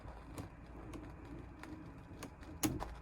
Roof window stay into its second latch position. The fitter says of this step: There's the clicks again, and that's the second position.